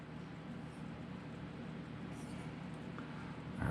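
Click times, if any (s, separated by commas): 3.0 s, 3.6 s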